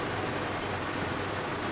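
A pool gate's MagnaLatch magnetic latch is handled while the gate closing is simulated, bringing the magnet striker toward the latch post so the post will snap down and catch. Only a steady broadband hiss is heard, with no distinct transients. Nothing has seated or clicked yet.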